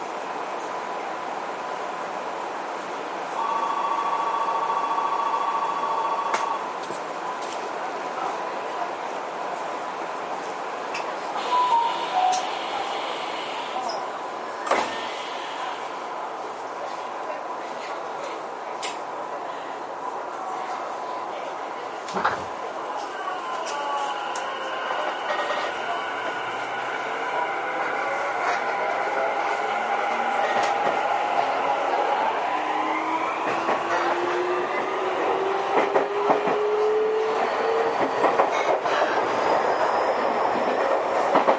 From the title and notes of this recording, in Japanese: 東急5050系4000番台 元町・中華街ー渋谷。東急東横線、みなとみらい線で録音をしました。東急5050系 元町•中華街-渋谷。